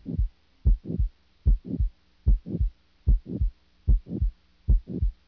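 Adult heart sounds heard through a stethoscope: a regular rhythm at about 74 beats per minute, each beat a crisp first sound followed by a second sound.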